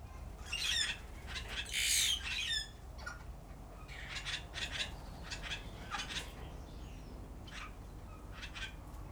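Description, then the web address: Grey parrot giving harsh, buzzy squawks in short bursts, the loudest near one and two seconds, followed by softer scratchy calls and brief clicks over a low background rumble. Captive bird at a zoo in Szeged, recorded in 2011. "szegedizoo. jakopapagaj"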